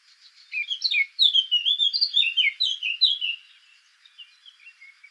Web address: sylvia atricapilla call